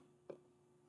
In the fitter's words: Locks in place.